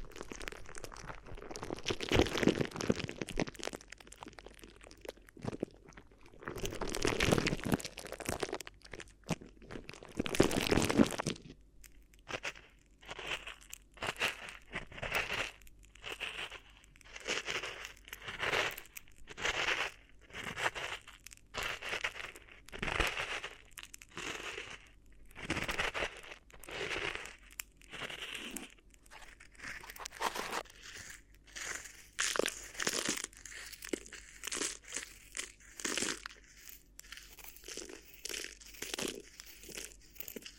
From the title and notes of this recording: ASMR Addictive Crinkly Ear Massage (No Talking).